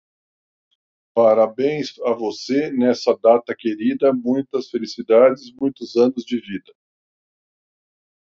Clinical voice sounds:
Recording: short text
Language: Brazilian Portuguese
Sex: male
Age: 50 to 59 years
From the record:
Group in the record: control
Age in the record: 58 years

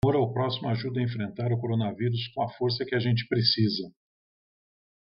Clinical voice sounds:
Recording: spoken sentence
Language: Brazilian Portuguese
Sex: male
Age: 60 to 69 years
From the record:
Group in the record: control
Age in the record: 63 years

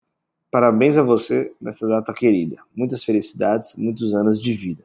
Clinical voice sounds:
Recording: short text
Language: Brazilian Portuguese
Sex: male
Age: 20 to 29 years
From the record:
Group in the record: control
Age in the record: 28 years

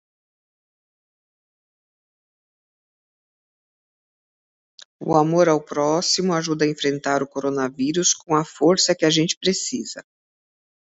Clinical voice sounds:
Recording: spoken sentence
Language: Brazilian Portuguese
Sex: female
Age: 50 to 59 years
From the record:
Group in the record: control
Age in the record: 58 years

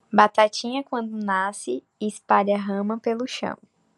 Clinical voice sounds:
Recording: short text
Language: Brazilian Portuguese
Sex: female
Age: 20 to 29 years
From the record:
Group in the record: control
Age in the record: 27 years

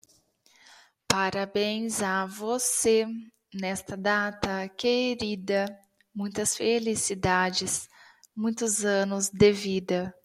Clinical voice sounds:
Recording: short text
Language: Brazilian Portuguese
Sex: female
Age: 30 to 39 years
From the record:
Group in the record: control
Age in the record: 37 years

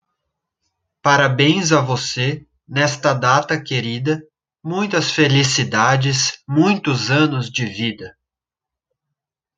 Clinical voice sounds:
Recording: short text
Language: Brazilian Portuguese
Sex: male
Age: 20 to 29 years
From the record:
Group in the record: control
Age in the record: 24 years

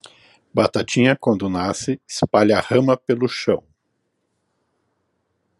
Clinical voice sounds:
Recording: short text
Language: Brazilian Portuguese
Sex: female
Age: 40 to 49 years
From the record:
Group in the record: control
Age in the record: 49 years

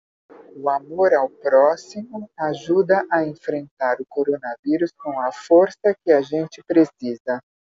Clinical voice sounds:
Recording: spoken sentence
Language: Brazilian Portuguese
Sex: female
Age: 60 to 69 years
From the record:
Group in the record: control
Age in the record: 62 years

